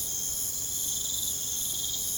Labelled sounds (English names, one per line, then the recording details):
none
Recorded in pastures near Puerto Asís, Putumayo, Colombia, on 23 June 2025 at 22:30
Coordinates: 0.472, -76.331
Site G095